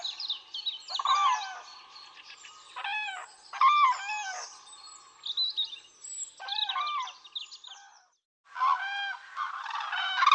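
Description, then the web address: Cranes giving rolling, bugled calls in several loud groups. There is a brief pause just past eight seconds before a final burst of calling. "bird crane"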